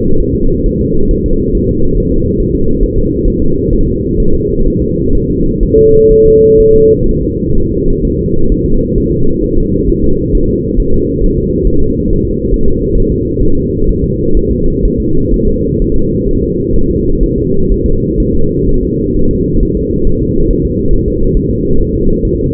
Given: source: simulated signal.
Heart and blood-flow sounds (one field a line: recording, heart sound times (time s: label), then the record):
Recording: fetal heart sounds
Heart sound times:
0.20 s: S1
0.35 s: S2
0.66 s: S1
0.81 s: S2
1.11 s: S1
1.26 s: S2
1.55 s: S1
1.69 s: S2
1.98 s: S1
2.12 s: S2
2.40 s: S1
2.55 s: S2
2.83 s: S1
2.98 s: S2
3.28 s: S1
3.42 s: S2
3.73 s: S1
3.88 s: S2
4.20 s: S1
4.34 s: S2
4.68 s: S1
4.82 s: S2
5.15 s: S1
5.30 s: S2
5.63 s: S1
5.78 s: S2
6.12 s: S1
6.26 s: S2
6.60 s: S1
6.75 s: S2
7.09 s: S1
7.23 s: S2
7.57 s: S1
7.72 s: S2
8.05 s: S1
8.19 s: S2
8.52 s: S1
8.66 s: S2
8.98 s: S1
9.12 s: S2
9.44 s: S1
9.58 s: S2
9.89 s: S1
10.04 s: S2
10.35 s: S1
10.49 s: S2
10.80 s: S1
10.94 s: S2
11.24 s: S1
11.38 s: S2
11.67 s: S1
11.82 s: S2
12.10 s: S1
12.25 s: S2
12.54 s: S1
12.68 s: S2
12.98 s: S1
13.12 s: S2
13.43 s: S1
13.57 s: S2
13.89 s: S1
14.04 s: S2
14.37 s: S1
14.51 s: S2
14.85 s: S1
15.00 s: S2
15.34 s: S1
15.48 s: S2
15.82 s: S1
15.96 s: S2
16.29 s: S1
16.43 s: S2
16.76 s: S1
16.91 s: S2
17.24 s: S1
17.38 s: S2
17.72 s: S1
17.86 s: S2
18.20 s: S1
18.35 s: S2
18.69 s: S1
18.83 s: S2
19.17 s: S1
19.31 s: S2
19.63 s: S1
19.77 s: S2
20.07 s: S1
20.22 s: S2
20.51 s: S1
20.65 s: S2
20.94 s: S1
21.08 s: S2
21.37 s: S1
21.51 s: S2
21.81 s: S1
21.95 s: S2
22.25 s: S1
22.40 s: S2
From the record:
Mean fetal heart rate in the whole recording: 130 bpm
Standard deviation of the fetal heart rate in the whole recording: 4 bpm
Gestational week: 38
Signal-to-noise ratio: -17.7 dB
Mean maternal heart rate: 72 bpm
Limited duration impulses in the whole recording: present